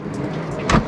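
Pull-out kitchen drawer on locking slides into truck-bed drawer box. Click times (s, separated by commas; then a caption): 0.7 s. A folded-up camp kitchen pullout, a plywood drawer on heavy-duty slides, is pushed back into a truck-bed drawer box. A low sliding rumble builds until the slide lock latches with a sharp click at 0.7 s, followed by another thump near the end, and the drawer is locked closed.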